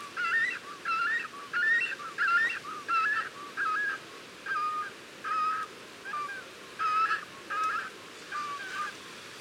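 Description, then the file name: Cormorant calls: a long run of honking, slightly rising notes about every 0.7 seconds, softer later. Several cormorants recorded at the nest. "CORMORANS AU NID"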